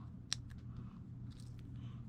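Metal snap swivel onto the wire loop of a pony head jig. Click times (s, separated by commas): 0.3 s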